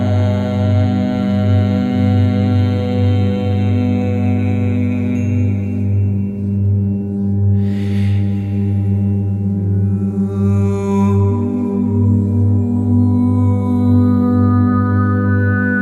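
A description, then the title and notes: A sound bath of singing bowls and gong, with a deep, steady low hum sustained throughout and many ringing overtones layered above it. The tones swell and shimmer slowly, and brief brighter washes rise near eight and eleven seconds. Sound bath.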